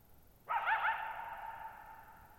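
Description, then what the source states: Coyote with a single harsh, wavering bark that hangs in the air and fades slowly over nearly two seconds. Lone coyote at night, July 14, 2019, Thirtymile Meadows, Okanogan National Forest, Okanogan High Country, Pacific Northwest, 6400 ft (1950 m); high dry plateau, shallow-bowl meadow.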